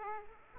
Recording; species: mosquito wingbeat signal from an infrared sensor; Aedes aegypti